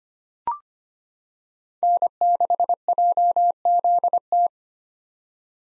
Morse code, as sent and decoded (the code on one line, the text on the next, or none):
-. -.... .--- --.. -
N6JZT